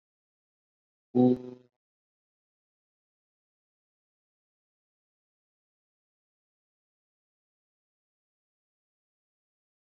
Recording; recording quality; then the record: sustained vowel as in boot; moderate, slight background noise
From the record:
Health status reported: COVID-19 positive, moderate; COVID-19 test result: positive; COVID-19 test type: RT-PCR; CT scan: not taken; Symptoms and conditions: cough, cold, breathing difficulty, sore throat, fever, fatigue, muscle pain, loss of smell and taste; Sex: male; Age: 26 years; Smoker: no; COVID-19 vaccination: both doses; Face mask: worn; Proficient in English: no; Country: India